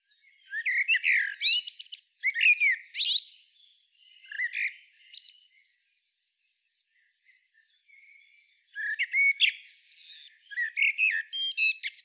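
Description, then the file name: Common blackbird singing: phrases of fluty notes that end in squeaky, twittering flourishes, a quiet pause midway, then a fresh burst of varied phrases. "Turdus merula"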